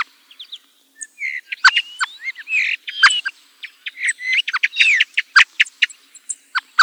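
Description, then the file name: Common blackbird song, a dense run of short chirps, clicks and brief whistled slurs, with high squeaky notes mixed in throughout. "MERLO"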